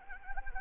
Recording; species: mosquito wingbeat signal from an infrared sensor; Anopheles arabiensis